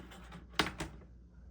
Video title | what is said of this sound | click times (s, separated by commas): HEHR Standard Push Out Window - Part 5 of 5: Installing movable windows and push-out bars | Here it unlatches, | 0.6 s